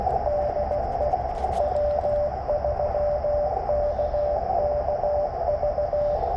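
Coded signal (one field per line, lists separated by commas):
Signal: Morse code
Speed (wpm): 22 wpm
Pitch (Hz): 590 Hz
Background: none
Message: DE W3KKV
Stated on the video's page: CW Parks On The Air activation on a Yaesu 891 in weird band conditions with lots of fading; fifteen contacts logged.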